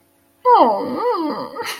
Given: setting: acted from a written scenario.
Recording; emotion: vocal sound without words; sadness